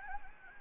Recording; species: mosquito wingbeat signal from an infrared sensor; Anopheles gambiae